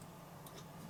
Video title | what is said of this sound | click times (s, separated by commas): 2021 Team Taisley's Xeon 2670 | you can do the same thing by pushing down here here click and then push it this way | 0.5 s